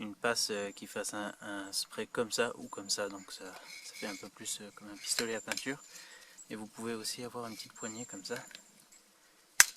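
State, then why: Seated. A plastic trigger handle is pushed onto the top of an aerosol paint can. Someone talks for most of the clip, then the handle clips on with a single sharp click at 9.6 s, seating it on the can.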